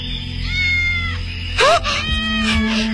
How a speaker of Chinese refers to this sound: 奶奶你听，好像有小猫叫。 对， 哪来的小猫？